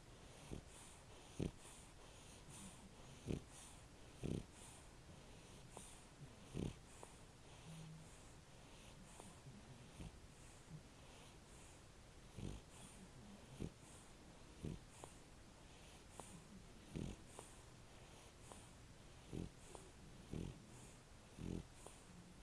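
Short, low snorting breath sounds repeat every one to three seconds, with quiet hiss between them. A sleeping puppy snoring: noisy airflow through the nose and throat as it breathes in sleep.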